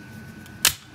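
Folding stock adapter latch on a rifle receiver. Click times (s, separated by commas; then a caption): 0.6 s. A Law Tactical folding stock adapter is dropped down into place on an AR-15 rifle receiver after the buffer plunger is pushed aside. Over a quiet background with a faint steady high tone, a single sharp, bright click rings out at 0.7 s. The adapter's latch clicks shut and the adapter is seated.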